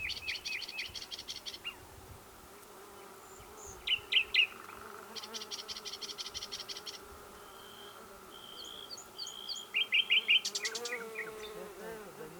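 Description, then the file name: Common nightingale song in scattered bursts: dry rapid clicking strophes, brief pure whistles, and a fast high trill near the end, separated by quiet pauses. "Luscinia megarhynchos"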